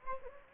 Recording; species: mosquito wingbeat signal from an infrared sensor; Anopheles gambiae